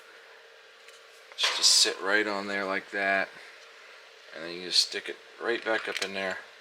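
Someone talks while handling the magnetic lens holder of a Glowforge laser cutter, lining it up to push it back up into the print head over a low steady background hum. The clip ends before the holder goes home, so nothing has seated or clicked yet.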